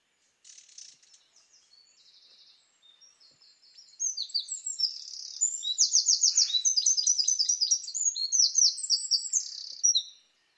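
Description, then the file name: Eurasian wren song that starts with faint, high twittering, then swells into a loud rapid stream of shrill trills and chattering notes for about six seconds. "Troglodytes troglodytes"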